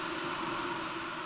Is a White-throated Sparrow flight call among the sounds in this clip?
no